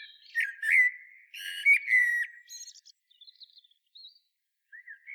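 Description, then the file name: Common blackbird song of loud, mellow fluted notes followed by thin, scratchy high twittering that fades into scattered faint squeaks. "Turdus merula"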